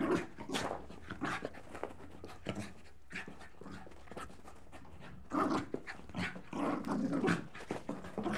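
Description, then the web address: Dog panting and snuffling with short rough growls in uneven bursts, pausing briefly midway before a further run of breathy, growly sounds. Jack Russell Terrier and Corgi cross dog, leaping. "BBC Sound Effects Library. Jack Russel Corgi Cross Leaping"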